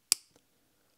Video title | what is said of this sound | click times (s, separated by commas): LEGO® 9 Volt Kabel reparieren oder verlängern OHNE Löten ganz einfach [Tutorial] | das Knacken symbolisiert mir dass diese Nasen hier wieder reingreifen | 0.1 s